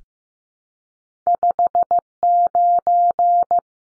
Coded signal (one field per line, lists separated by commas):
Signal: Morse code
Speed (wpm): 15 wpm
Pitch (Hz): 700 Hz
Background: none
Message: 59